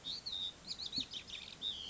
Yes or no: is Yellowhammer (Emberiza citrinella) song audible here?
no